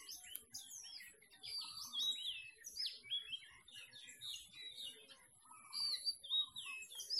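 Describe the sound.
Several birds singing at once: rapid chirps and slurred whistles overlapping, with brief lower warbles now and then.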